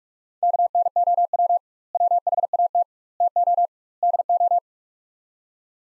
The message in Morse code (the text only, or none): KNOW WHAT TO DO